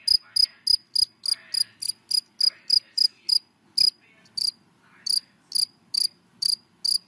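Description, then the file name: Cricket chirping in many short bright pulses, with brief gaps near the middle and faint low rustling beneath. Crickets calling, given by the Vietnamese names dế mèn, dế cơm and dế than. "Tieng de men de com de than keu"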